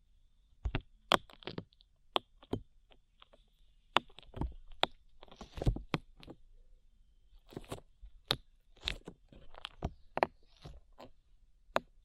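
Slime being squished and poked, a rapid irregular series of sharp wet clicks and crackles with soft low squelches between them, and a faint steady high tone.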